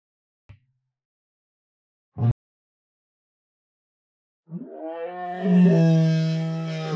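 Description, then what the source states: Lion gives a couple of short grunts, then a long, deep, swelling moan that grows louder as it goes on. Moan and flutter.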